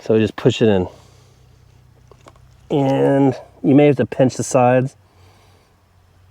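Someone talks while a plastic drip irrigation fitting is handled and pushed toward a freshly punched hole in poly irrigation mainline tubing, with the sides pinched, and a few faint short taps sound around 2.1 to 2.4 seconds over a low steady hum. The clip ends before the fitting goes home, so nothing has seated or clicked yet.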